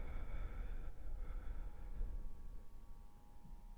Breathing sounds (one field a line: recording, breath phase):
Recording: one breath near a microphone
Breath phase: exhalation